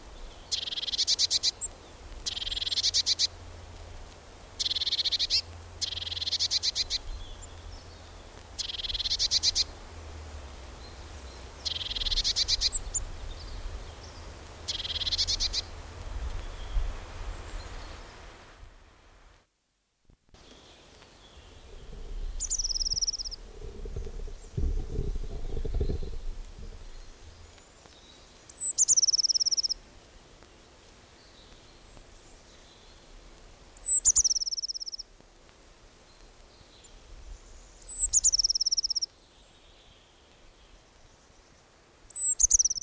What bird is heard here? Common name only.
Eurasian Blue Tit